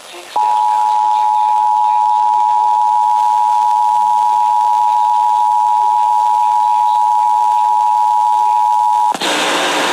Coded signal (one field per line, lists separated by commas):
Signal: Emergency Alert System (SAME) tones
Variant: 853 and 960 Hz attention tone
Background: speech